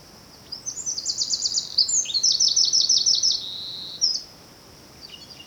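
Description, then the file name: Eurasian wren song: a loud, very high, rapid run of trills and sharp rattling notes lasting over three seconds, changing speed midway, over a steady thin high hiss. "Troglodytes troglodytes"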